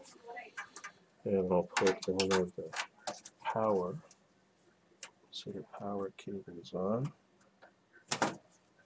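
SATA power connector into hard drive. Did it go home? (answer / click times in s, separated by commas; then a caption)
yes / 8.1 s. Someone talks while pushing a SATA power cable connector onto the drive being installed in a desktop PC. A sharp click is heard at 8.1 s as the connector seats and locks into place.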